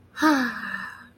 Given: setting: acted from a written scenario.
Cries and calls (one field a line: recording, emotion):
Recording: vocal sound without words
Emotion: serenity